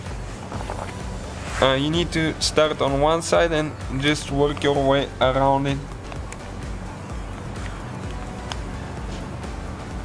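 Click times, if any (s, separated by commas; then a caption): 8.5 s. After being cleaned and greased, a bearing seal is pressed back into a serpentine belt idler pulley bearing to fix a squeaky belt, starting on one side and working around it. Someone talks over faint taps and handling noise, and a sharp click is heard at 8.5 s as the seal locks into place, fully seated.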